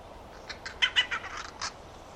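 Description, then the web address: Bird uttering a quick burst of short, harsh, scratchy notes over about a second, against a steady low background hiss. "Bird Only"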